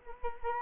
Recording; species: mosquito wingbeat signal from an infrared sensor; Culex quinquefasciatus